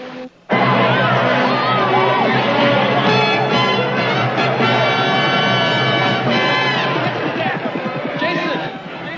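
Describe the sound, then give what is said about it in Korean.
A large crowd waiting with cameras for the stars on the day of the Academy Awards ceremony cheers and screams steadily, high excited voices and whoops layered into a dense roar that starts abruptly after a brief quieter moment and holds loud throughout. “시상식 날입니다. 수많은 관중과 카메라가 스타들을 기다리고 있습니다.”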